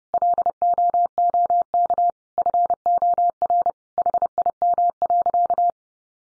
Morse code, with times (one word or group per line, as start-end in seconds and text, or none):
0.1-2.1 LOOK
2.4-3.7 FOR
4.0-5.7 HIM.